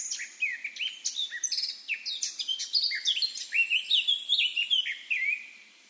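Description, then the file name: Eurasian blackcap song, a fast varied warble of scratchy notes running into clear fluty whistles, continuous for about five seconds. "Sylvia atricapilla"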